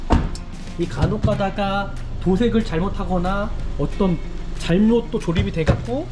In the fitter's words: 이런 둔탁한 소리가 나야 되는데이